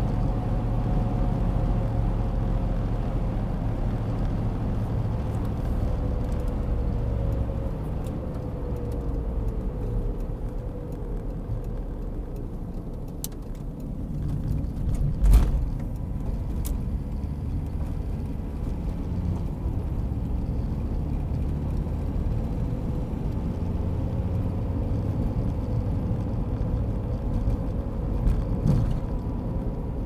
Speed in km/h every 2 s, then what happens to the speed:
101, 98, 94, 86, 74, 60, 44, 29, 37, 46, 55, 63, 68, 67, 65.
0-13 brakes to 29. 13-23 speeds up to 68. 23-30 steady at about 67.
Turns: none.